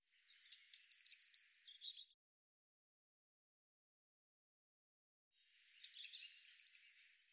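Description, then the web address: Eurasian blue tit delivers two high downslurred notes and a fast lower trill, then repeats the same phrase after a pause of about four seconds. Recorded in 2025. "cianscape birddata Deverinetal 2025 Bird Cy Ca"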